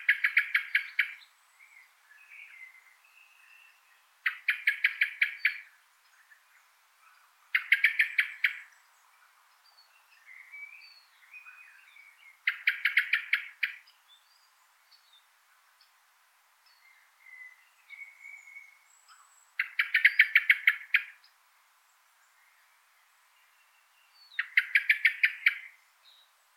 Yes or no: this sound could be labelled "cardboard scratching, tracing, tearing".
no